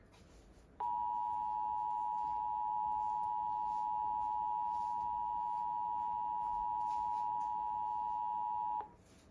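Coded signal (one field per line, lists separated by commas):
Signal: Emergency Alert System (SAME) tones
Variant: 853 and 960 Hz attention tone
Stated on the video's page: Cancellation of a Law Enforcement Warning received off a Havre De Grace, MD FM station on a TFT EAS 911 monitoring receiver.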